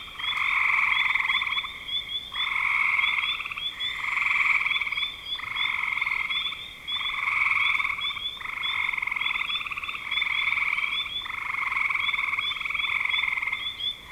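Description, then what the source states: Steady chorus of frogs giving buzzy, pulsed trills in regular bursts, with faint higher notes above. Frogs calling in spring 2025.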